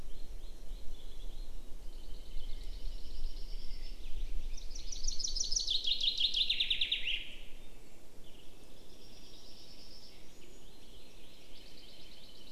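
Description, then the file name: Common chaffinch song: a single sprightly phrase of rapid notes tumbling downward to a final flourish, with softer bird calls before and after and a low background rumble. "Fringilla coelebs"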